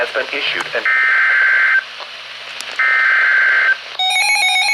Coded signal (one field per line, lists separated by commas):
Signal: Emergency Alert System (SAME) tones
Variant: header bursts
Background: speech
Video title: KIG77 COOKS!! EAS Alerts from 6/12 and 6/13/26 (EAS #1,460-#1,467)